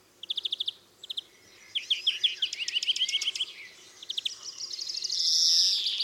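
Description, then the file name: European greenfinch song: brief trilled bursts, a run of chirpy twittering notes, then a drawn-out wheezing buzz at the end. "Chloris chloris"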